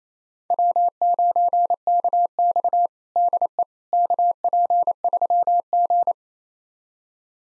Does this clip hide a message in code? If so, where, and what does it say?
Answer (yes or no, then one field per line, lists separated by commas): yes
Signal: Morse code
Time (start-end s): 0.5-6.1 s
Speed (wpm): 27 wpm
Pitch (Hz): 700 Hz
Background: none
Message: W9KX DE KP3G